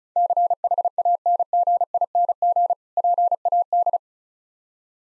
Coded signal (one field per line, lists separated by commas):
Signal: Morse code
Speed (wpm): 36 wpm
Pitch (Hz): 700 Hz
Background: none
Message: CHANGING PAD